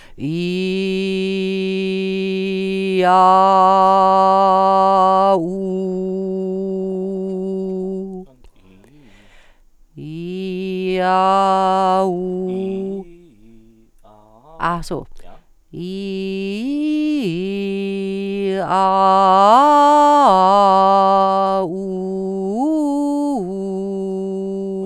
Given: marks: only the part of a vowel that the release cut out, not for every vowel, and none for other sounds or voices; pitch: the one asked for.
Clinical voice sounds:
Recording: sustained vowels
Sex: female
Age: 60 to 69 years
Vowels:
0.74-2.70 s: vowel /i/, low pitch
3.26-5.22 s: vowel /a/, low pitch
5.74-7.72 s: vowel /u/, low pitch
16.17-18.05 s: vowel /i/, low-high-low pitch
19.56-21.17 s: vowel /a/, low-high-low pitch
22.22-24.19 s: vowel /u/, low-high-low pitch
From the record:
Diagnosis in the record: singing voice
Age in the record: 61 years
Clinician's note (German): Ausgebildet

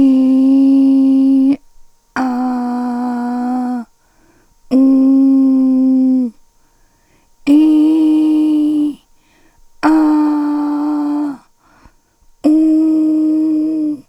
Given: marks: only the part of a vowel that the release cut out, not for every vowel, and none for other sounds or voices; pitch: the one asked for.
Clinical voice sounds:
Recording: sustained vowels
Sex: female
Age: 60 to 69 years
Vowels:
0.00-1.39 s: vowel /i/, normal pitch
2.29-3.66 s: vowel /a/, normal pitch
4.83-6.22 s: vowel /u/, normal pitch
7.59-8.82 s: vowel /i/, high pitch
9.97-11.21 s: vowel /a/, high pitch
12.61-13.80 s: vowel /u/, high pitch
From the record:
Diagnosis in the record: hypernasality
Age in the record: 62 years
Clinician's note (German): Nach Tonsillen-Ca OP

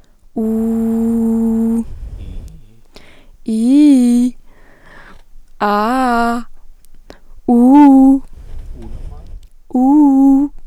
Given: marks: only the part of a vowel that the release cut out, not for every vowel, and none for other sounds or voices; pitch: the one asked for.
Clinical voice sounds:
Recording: sustained vowels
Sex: female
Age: 18 to 19 years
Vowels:
0.44-1.69 s: vowel /u/, low pitch
3.53-4.22 s: vowel /i/, low-high-low pitch
5.67-6.31 s: vowel /a/, low-high-low pitch
9.79-10.38 s: vowel /u/, low-high-low pitch
From the record:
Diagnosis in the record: healthy voice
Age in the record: 18 years

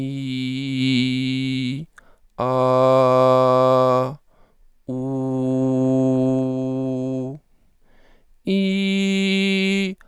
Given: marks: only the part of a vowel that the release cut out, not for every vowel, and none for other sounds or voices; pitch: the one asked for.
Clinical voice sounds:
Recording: sustained vowels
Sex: male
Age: 30 to 39 years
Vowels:
0.00-1.66 s: vowel /i/, normal pitch
2.49-3.94 s: vowel /a/, normal pitch
5.02-7.12 s: vowel /u/, normal pitch
8.57-9.81 s: vowel /i/, high pitch
From the record:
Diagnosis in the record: mutational falsetto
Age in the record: 35 years

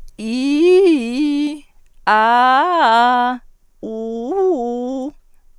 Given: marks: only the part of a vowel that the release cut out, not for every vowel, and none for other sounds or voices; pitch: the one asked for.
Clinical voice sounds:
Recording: sustained vowels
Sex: female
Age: 40 to 49 years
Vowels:
0.24-1.46 s: vowel /i/, low-high-low pitch
2.10-3.25 s: vowel /a/, low-high-low pitch
3.88-5.05 s: vowel /u/, low-high-low pitch
From the record:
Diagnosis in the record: singing voice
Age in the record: 41 years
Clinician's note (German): Akuter Infekt im Resonanztrakt, ausgebildete Stimme

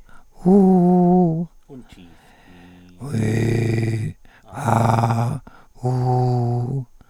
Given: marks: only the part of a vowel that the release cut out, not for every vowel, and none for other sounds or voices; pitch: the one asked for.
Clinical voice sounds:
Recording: sustained vowels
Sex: male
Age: 70 to 79 years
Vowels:
0.47-1.30 s: vowel /u/, high pitch
3.13-4.05 s: vowel /i/, low pitch
4.67-5.19 s: vowel /a/, low pitch
5.90-6.57 s: vowel /u/, low pitch
From the record:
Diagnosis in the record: recurrent laryngeal nerve paralysis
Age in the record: 77 years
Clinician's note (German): Nicht kompensiert, strumipriv

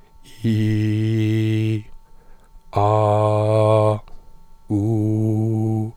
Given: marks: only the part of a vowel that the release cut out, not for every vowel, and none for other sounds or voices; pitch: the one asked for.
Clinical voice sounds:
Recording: sustained vowels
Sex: male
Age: 20 to 29 years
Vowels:
0.54-1.69 s: vowel /i/, low pitch
2.82-3.85 s: vowel /a/, low pitch
4.79-5.74 s: vowel /u/, low pitch
From the record:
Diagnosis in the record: healthy voice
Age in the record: 24 years

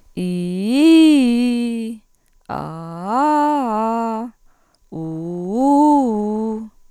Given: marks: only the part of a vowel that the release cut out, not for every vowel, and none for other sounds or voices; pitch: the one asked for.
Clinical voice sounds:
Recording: sustained vowels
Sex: female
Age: 40 to 49 years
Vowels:
0.22-1.68 s: vowel /i/, low-high-low pitch
2.69-4.18 s: vowel /a/, low-high-low pitch
5.00-6.53 s: vowel /u/, low-high-low pitch
From the record:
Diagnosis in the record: cluttering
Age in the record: 46 years

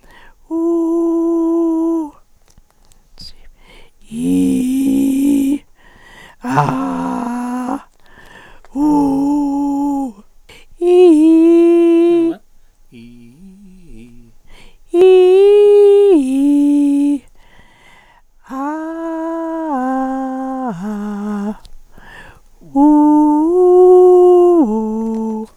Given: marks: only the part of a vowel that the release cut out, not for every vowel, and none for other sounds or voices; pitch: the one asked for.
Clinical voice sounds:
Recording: sustained vowels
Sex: female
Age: 60 to 69 years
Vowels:
0.63-1.91 s: vowel /u/, high pitch
4.30-5.43 s: vowel /i/, low pitch
6.71-7.64 s: vowel /a/, low pitch
8.86-9.98 s: vowel /u/, low pitch
15.10-17.04 s: vowel /i/, low-high-low pitch
19.87-21.38 s: vowel /a/, low-high-low pitch
22.93-24.97 s: vowel /u/, low-high-low pitch
From the record:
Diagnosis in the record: recurrent laryngeal nerve paralysis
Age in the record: 69 years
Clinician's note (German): Beidseitig

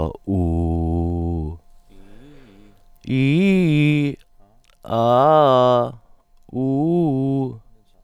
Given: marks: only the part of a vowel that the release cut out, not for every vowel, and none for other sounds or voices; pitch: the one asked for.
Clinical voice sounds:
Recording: sustained vowels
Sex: male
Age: 40 to 49 years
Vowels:
0.38-1.39 s: vowel /u/, low pitch
3.14-4.02 s: vowel /i/, low-high-low pitch
4.96-5.81 s: vowel /a/, low-high-low pitch
6.58-7.40 s: vowel /u/, low-high-low pitch
From the record:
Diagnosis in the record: healthy voice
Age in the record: 42 years

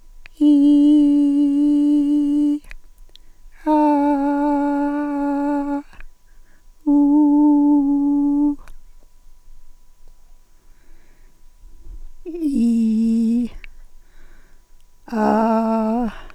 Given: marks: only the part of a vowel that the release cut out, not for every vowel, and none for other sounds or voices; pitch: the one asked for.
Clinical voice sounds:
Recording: sustained vowels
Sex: female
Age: 70 to 79 years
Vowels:
0.48-2.49 s: vowel /i/, high pitch
3.72-5.61 s: vowel /a/, high pitch
6.91-8.47 s: vowel /u/, high pitch
12.34-13.44 s: vowel /i/, low pitch
15.15-16.07 s: vowel /a/, low pitch
From the record:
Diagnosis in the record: presbyphonia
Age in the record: 77 years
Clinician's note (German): Intermediärschwäche

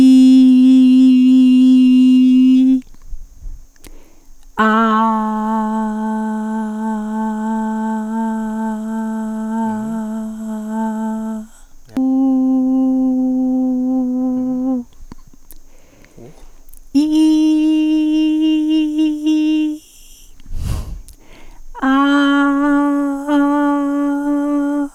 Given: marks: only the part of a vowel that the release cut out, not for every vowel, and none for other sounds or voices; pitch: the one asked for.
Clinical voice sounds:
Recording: sustained vowels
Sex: female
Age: 70 to 79 years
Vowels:
0.00-2.34 s: vowel /i/, normal pitch
6.99-9.70 s: vowel /a/, normal pitch
12.30-13.95 s: vowel /u/, normal pitch
17.30-19.05 s: vowel /i/, high pitch
22.36-24.31 s: vowel /a/, high pitch
From the record:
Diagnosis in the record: healthy voice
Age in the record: 73 years

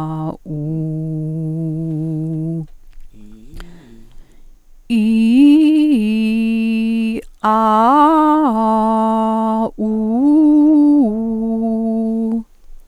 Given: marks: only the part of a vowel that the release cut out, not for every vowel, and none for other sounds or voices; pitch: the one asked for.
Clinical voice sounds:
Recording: sustained vowels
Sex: female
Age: 60 to 69 years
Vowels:
0.68-2.18 s: vowel /u/, low pitch
5.02-6.99 s: vowel /i/, low-high-low pitch
7.53-9.47 s: vowel /a/, low-high-low pitch
9.91-12.19 s: vowel /u/, low-high-low pitch
From the record:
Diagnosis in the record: healthy voice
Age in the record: 65 years

